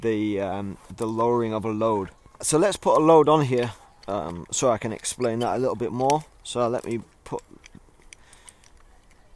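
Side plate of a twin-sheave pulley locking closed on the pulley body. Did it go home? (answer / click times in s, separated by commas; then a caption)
yes / 8.1 s. Someone talks while the swinging metal side plate of a Petzl Twin Release twin-sheave rope pulley is closed back over the rope onto the pulley body. A few small handling taps follow, then the plate locks with a sharp click at 8.1 s; the click shows that it is locked.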